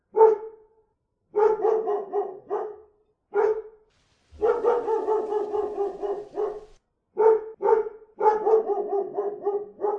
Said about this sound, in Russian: Настойчивый звонок в Лилину дверь заставил соседскую собаку из квартиры напротив залиться хриплым лаем